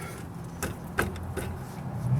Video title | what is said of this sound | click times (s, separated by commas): 2005 Jeep liberty driver side caliper change | Oh, that clicked, good and tight. | 1.0 s